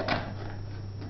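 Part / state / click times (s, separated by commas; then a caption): snap fastener on a plastic plant-pot hanger / not seated / none. A plastic snap fastener is handled on a hanger made from recycled plastic plant pots, shortly before it is pressed shut. There is a burst of rustling handling noise near the start and a low steady hum throughout, and a short, sharp sound begins at the very end of the clip. The fastener has not seated or clicked yet.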